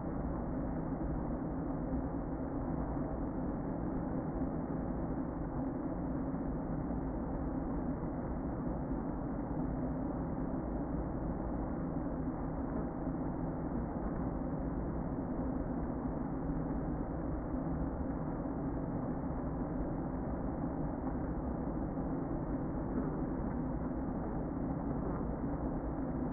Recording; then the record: honeybee colony, microphone inside the hive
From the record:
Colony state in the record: queen present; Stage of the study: before two queens were removed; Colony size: about 60,000 bees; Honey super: yes